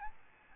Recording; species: mosquito wingbeat signal from an infrared sensor; Aedes albopictus